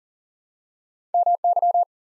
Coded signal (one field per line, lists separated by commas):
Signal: Morse code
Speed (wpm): 39 wpm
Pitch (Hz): 700 Hz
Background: none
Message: M Y